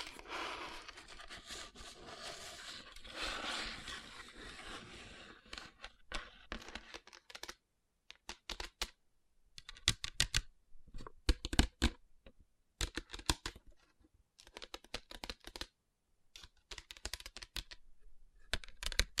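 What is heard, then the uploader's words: Hands covered in rhinestones are rubbed together for the first five seconds, a dense, gritty scratching. After that come quick tapping bursts, sharp clicks in uneven clusters separated by brief silences, continuing to the end. Tapping & Rubbing Rhinestone Covered Palms.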